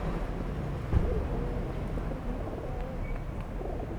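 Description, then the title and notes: Pigeon cooing faintly in a wavering low tone after a brief thud, over a continuous low rumble. Pigeons feeding, Place Georges Clemenceau, Aix-les-Bains, France; recorded on a Zoom H4n Pro placed on the ground. "39 Pl. Georges Clemenceau, 73100 Aix-les-Bains, France - Repas des pigeons. Le repas des pigeons. ZoomH4npro posé au sol"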